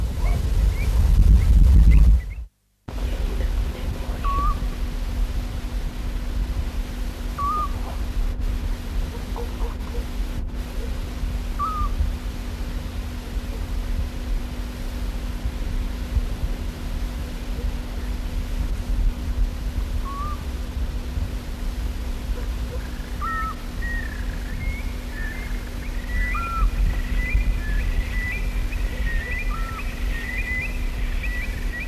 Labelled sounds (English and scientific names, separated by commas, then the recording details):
Eurasian Stone-curlew (Burhinus oedicnemus) call
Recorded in the wild
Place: Cala Millor, Mallorca, ES
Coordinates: 39.6, 3.38
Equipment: Halbspur, 9,5 cm/s
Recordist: Lütgens, Hans